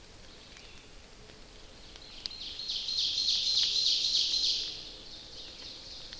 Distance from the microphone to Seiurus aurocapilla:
about 40 m